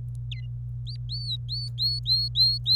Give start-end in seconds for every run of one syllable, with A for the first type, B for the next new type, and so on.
0.31-0.46 A, 0.87-2.75 B